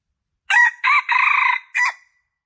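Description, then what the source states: Junglefowl giving a single brief crow, harsh and strained, in four parts ending on a clipped last syllable; no other sounds. Male; lure call (suara pikat) used to attract junglefowl.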